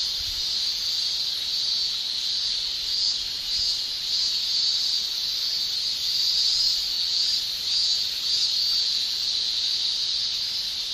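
Cicada song: a steady, shrill, high buzz that carries on unbroken throughout with slight pulsing in loudness.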